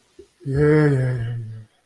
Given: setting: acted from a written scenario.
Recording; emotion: vocal sound without words; guilt